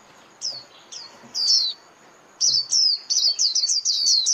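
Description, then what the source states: White-eye calls: a few spaced, thin downslurred notes, then a quicker string of high slurred chirps running to the end. Lure call (mồi) used for trapping white-eyes.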